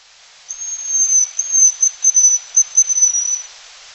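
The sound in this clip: Bird call: one very high, thin whistle, steady in pitch, lasting about three seconds and broken into several pulses of loudness, over faint hiss.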